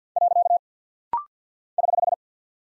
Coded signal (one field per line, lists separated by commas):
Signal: Morse code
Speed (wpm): 50 wpm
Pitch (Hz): 700 Hz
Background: none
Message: . <HH>